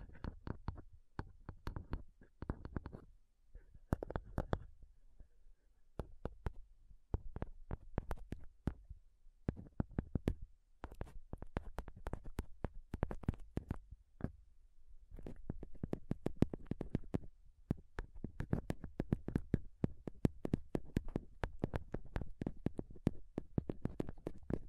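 Fingernails tap rapidly and unevenly on a microphone, each sharp click sitting over a deep thump. The taps come in dense bursts with brief gaps, thinning around five and fifteen seconds before picking up again in quick flurries toward the end.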